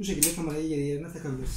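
Someone talks while pushing the pop-up webcam module of a Lenovo Ideacentre 520 all-in-one PC back down into its slot in the top of the plastic casing. Faint handling sounds are heard under the speech. The clip ends before the webcam goes home, and nothing has seated or clicked yet.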